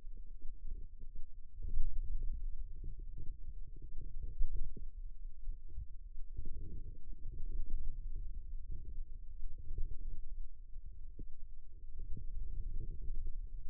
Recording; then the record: forearm muscle sounds (acoustic myography)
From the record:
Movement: hand opening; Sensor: system 2, bracelet of six BSWA MPA416 microphones around the upper forearm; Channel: 6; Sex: female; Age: 22 years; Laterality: right